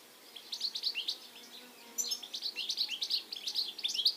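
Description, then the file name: European goldfinch calls: rapid run of bright, liquid twittering notes, pausing briefly then resuming in a quick, tinkling series. "Carduelis carduelis"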